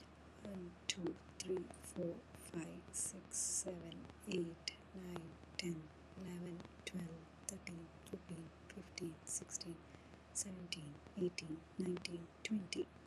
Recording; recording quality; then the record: counting at a normal pace; excellent, no background noise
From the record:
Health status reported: healthy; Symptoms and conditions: none ticked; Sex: female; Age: 51 years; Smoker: not ticked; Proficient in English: yes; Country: India